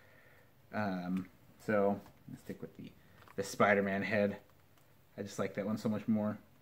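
Someone talks while handling a Spider-Man head over the neck peg of a 12-inch plastic Legends Spider-Man black suit action figure, with faint handling noise between the speech. The head has not seated or snapped on yet.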